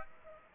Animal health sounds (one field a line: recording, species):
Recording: mosquito wingbeat signal from an infrared sensor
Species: Aedes aegypti